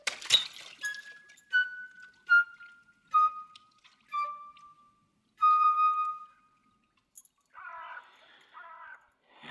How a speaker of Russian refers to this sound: Могильщик подцепляет своей сучковатой тростью брошенную Харрисом бутылку, поднимает ее, нюхает, поднеся горлышко к носу. Выливает из нее воду, бросает обратно в реку.